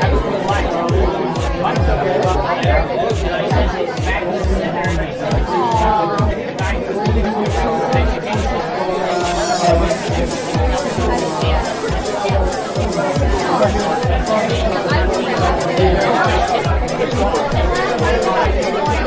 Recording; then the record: background sound without coughing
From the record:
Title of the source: Nightlife Party Simulating Party Club Noise 1 Hour